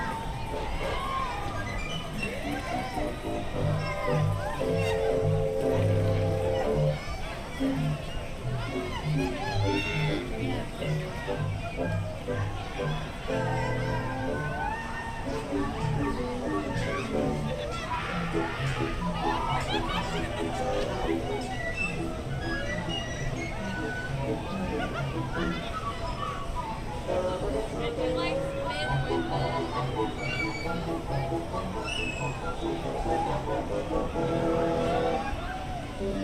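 Busy theme park corner where steady crowd chatter and voices mix with bright ride music and tones, dense and constant throughout.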